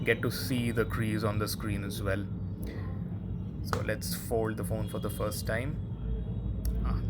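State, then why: Seated. A new Samsung Galaxy Z Fold 7 foldable smartphone in Silver Shadow is folded closed for the first time while someone talks about the crease on its screen. Its two halves meet at the hinge with a sharp, satisfying click at 6.7 s, and the phone snaps fully shut.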